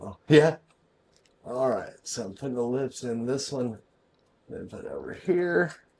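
A wiring connector is being fitted into a recessed ceiling can light during a can light replacement while a man talks throughout. Two faint, brief ticks are heard around 1.2 and 1.3 seconds between stretches of speech. Nothing has seated or clicked into place yet; the part is still being handled.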